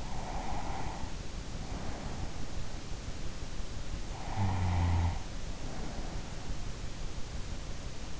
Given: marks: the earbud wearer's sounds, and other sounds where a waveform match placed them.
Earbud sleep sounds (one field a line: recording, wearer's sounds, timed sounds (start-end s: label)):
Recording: sounds in sleep by an in-ear microphone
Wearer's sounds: breath, snoring breath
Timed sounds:
0.00-2.77 s: breath
4.41-6.16 s: snoring breath